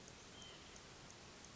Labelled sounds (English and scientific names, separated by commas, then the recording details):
White-breasted Nuthatch (Sitta carolinensis)
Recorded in Sonoma County, California